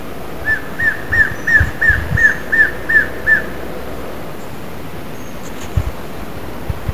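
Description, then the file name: White-bearded Antshrike whistled series: about nine clear, evenly spaced notes, each slightly arched, given roughly three per second for three seconds, then quiet with a low background hiss. "B nigropectus"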